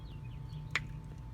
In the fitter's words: Snap, you hear it pop in.